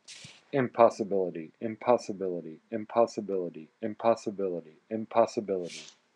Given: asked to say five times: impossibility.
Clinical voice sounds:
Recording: repeated word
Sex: male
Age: 40 to 49 years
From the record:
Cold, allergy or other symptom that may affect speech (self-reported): no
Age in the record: 41 years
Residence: Indiana, United States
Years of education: 15

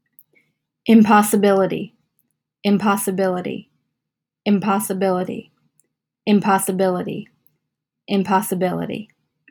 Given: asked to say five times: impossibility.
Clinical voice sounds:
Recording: repeated word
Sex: female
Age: 20 to 29 years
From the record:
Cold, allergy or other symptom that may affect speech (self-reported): no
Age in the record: 21 years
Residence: Connecticut, United States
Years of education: 15

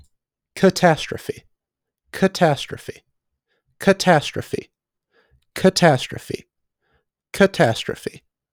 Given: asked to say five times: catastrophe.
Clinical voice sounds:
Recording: repeated word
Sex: male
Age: 20 to 29 years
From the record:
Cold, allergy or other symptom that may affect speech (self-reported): no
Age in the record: 21 years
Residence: Colorado, United States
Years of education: 15

